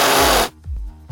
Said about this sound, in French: C'est un chat qui crache. Parce qu'il faut le savoir que les chats, parfois, quand ils sont vénères, ou tu sais, quand ils disent « Ouais, je te jure », tu vois, ils crachent pour prouver.